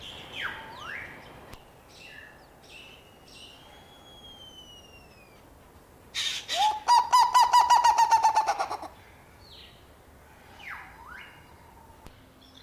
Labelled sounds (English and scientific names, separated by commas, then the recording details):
Black-legged Seriema (Chunga burmeisteri) call
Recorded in captivity
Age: adult
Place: Zoo Berlin, Berlin, DE
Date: 1997-12-23 10:08
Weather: overcast and hazy, ca. 1-2°C
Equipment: Nagra SN, Kopie Uher 4000 Report Monitor
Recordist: Tembrock, Günter